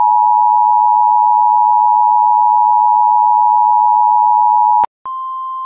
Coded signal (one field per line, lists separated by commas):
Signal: Emergency Alert System (SAME) tones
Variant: 853 and 960 Hz attention tone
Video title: EAS Poop Best Buy